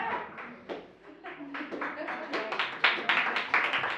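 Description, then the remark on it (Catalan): Scattered hand claps from a small audience, irregular at first and growing denser and louder toward the end, sharp bright slaps without a steady rhythm. “Voy a seguir aquí, ¿aplaudáis o no?”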